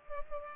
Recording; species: mosquito wingbeat signal from an infrared sensor; Culex pipiens